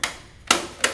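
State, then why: Seated. With the plastic top cover set on an Omega juicer housing and its notch lined up, the lid's locking clamps are snapped down, making sharp snaps at 0.0, 0.5 and 0.8 seconds. The clamps lock the cover securely in place.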